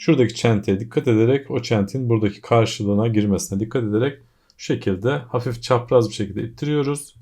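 Someone talks throughout while an 8 GB DDR4 SO-DIMM memory module is lined up by its notch and pushed at a slight angle into the RAM slot of an Acer Aspire 7 A715-42G-R016 laptop. Nothing has seated or clicked yet.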